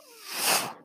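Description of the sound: A soft airy hiss swells and fades over under a second: one breath delivered by a home mechanical ventilator.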